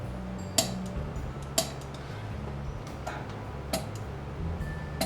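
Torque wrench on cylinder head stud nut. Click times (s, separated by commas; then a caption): 0.6 s, 1.6 s, 3.7 s, 5.0 s. A torque wrench is clicked repeatedly on the nut of a long cylinder head stud during a Honda CB350 top end rebuild, because the long stud twists as the wrench is pulled. Sharp clicks sound at 0.6, 1.6, 3.7 and 5.0 seconds over low background noise, each marking the wrench reaching torque.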